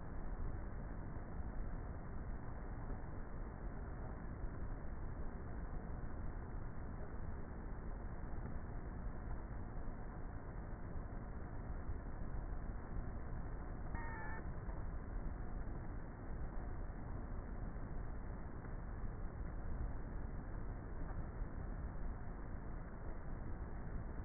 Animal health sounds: honeybee colony, microphone inside the hive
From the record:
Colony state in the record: queenless with a low population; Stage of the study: before two queens were removed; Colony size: about 30,000 bees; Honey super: no

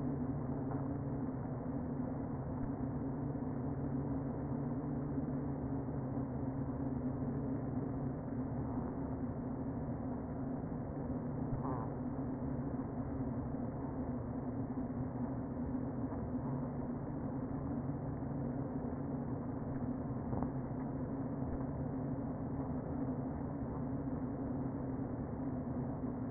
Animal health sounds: honeybee colony, microphone inside the hive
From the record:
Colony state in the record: queen present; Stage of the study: before two queens were removed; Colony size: about 60,000 bees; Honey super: yes

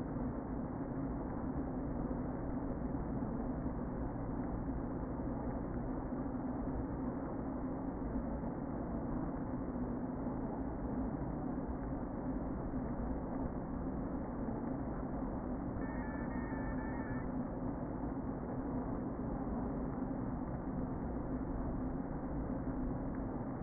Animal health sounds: honeybee colony, microphone inside the hive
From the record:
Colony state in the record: queen present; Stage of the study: before two queens were removed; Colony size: about 60,000 bees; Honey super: yes

